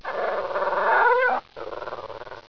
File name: Sound llama